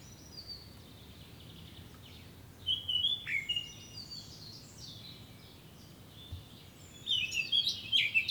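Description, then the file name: Eurasian blackcap producing two short bursts of high, fast warbling notes, one about a third of the way in and a brighter one at the end, over soft background hiss. "Sylvia atricapilla"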